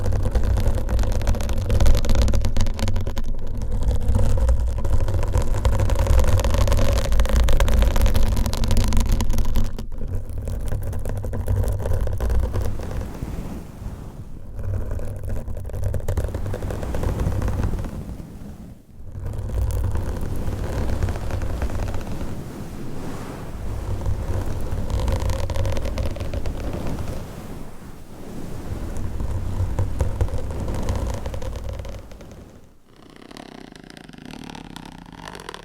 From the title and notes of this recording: Scratching , Tapping , Massage & More. No Talking.